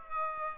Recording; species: mosquito wingbeat signal from an infrared sensor; Aedes aegypti